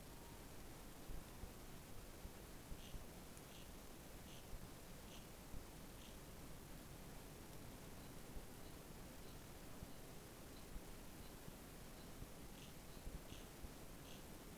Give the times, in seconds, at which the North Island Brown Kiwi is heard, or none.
none